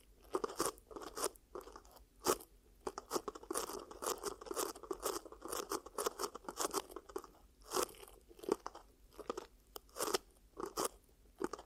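Ear cupping sounds fill the whole stretch: a dense run of crisp, crunchy crackles and quick pops, irregular and rapid, over a steady soft rustle. Sharper, brighter bursts stand out near two, eight and eleven seconds.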